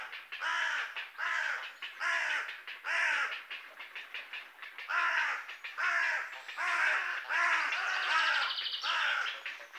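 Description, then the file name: Carrion crow repeating short harsh caws in quick, irregular bursts. "Corvus corone"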